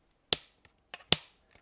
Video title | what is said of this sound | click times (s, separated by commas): COMAN KX3232 Aluminum Monopod Review - Best Inexpensive Monopod - HD | got a nice clicking sound so | 0.3 s, 1.1 s